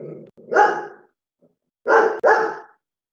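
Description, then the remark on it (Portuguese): A dog barks sharply three times at a bird that has landed on the window: one drawn-out, rough bark, a short pause, then two quick loud barks in a row, with no other sound between them. “O cachorro tá bravo aí, hein, Malu?”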